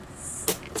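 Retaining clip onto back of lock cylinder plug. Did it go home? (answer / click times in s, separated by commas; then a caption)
yes / 0.5 s. A flat-blade screwdriver pushes the retaining clip (cap) back onto the back of a lock cylinder plug from a rekeyed lever tie-bolt lockset. After a quiet hiss, a sharp, bright click at 0.5 s marks the clip snapping on, followed by a softer burst near the end. The clip is confirmed seated on the back of the plug.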